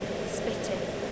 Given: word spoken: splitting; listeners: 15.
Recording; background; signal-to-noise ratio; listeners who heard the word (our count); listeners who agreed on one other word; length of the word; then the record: one English word in noise, from a listening test; speech-shaped noise; -5.8 dB; 1 of 15; 10 of 15; 0.72 s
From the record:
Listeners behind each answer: 10, 1, 1, 1, 1, 1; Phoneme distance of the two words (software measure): 7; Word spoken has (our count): 2 syllables, 7 phonemes, stress on syllable 1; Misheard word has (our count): 2 syllables, 6 phonemes, stress on syllable 1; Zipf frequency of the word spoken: 3.69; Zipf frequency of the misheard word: 3.48